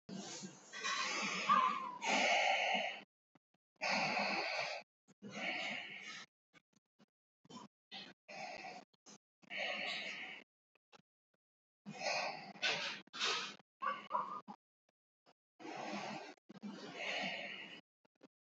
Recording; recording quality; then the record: shallow breathing; excellent, no background noise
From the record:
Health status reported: healthy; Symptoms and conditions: none ticked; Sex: male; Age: 59 years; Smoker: not ticked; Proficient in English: yes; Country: India